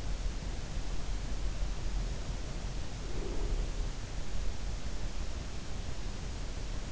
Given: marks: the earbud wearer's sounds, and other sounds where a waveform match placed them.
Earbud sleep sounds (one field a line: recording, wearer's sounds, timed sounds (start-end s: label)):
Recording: sounds in sleep by an in-ear microphone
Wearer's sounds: breath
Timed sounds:
2.68-3.97 s: breath